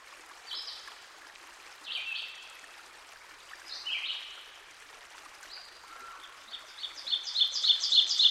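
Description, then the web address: Ovenbird song, quick repeated high chanting phrases swelling louder at the end, following scattered whistled notes from other birds over constant running water. Recorded by a stream. "Dan Gibson Songbirds By The Stream. Ovenbird"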